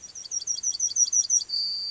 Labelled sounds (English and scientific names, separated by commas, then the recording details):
Yellowhammer (Emberiza citrinella) song
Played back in grassland
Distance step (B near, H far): C
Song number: 151